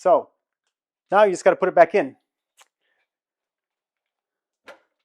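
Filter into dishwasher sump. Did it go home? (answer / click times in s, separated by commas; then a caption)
no / none. A dishwasher filter is being lowered back down into the dishwasher sump and lined up before it is twisted to lock. Someone talks, then brief faint handling noises follow around 2.6 s and 4.7 s. Nothing has seated or clicked yet.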